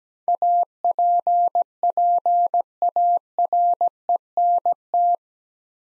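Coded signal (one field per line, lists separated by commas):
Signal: Morse code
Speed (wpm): 17 wpm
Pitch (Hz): 700 Hz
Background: none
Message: APPARENT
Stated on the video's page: Morse practice drill of 8-letter words at 17 wpm for head-copy training, each word sent twice.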